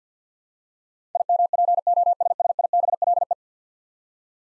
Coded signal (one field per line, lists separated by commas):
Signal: Morse code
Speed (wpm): 50 wpm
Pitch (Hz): 700 Hz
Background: none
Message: IMPOSSIBLE